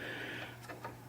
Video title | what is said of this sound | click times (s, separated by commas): 1976 Bally Pinball Cleaning and Rebuilding a 1976 Bally Score Reel Part #2 | we just wiggle it and boom it pops right down tricky | 0.9 s